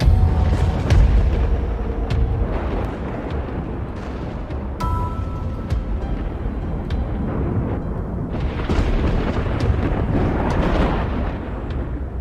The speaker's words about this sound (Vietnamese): Bỗng nhiên bầu trời lóe sáng lên, một tia chớp rực lên, kèm theo đó là tiếng sấm đùng đùng vang vọng.